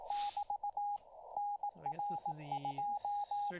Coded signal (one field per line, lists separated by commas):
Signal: Morse code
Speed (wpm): 18 wpm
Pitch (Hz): 820 Hz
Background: speech, radio noise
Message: <BT> NR2